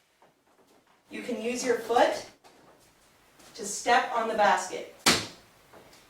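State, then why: Seated. A TFK Joggster Twist stroller frame is unfolded by stepping on the basket while someone talks. A sharp, loud click sounds at 5.1 s as the basket locks into place, securing the frame for stability.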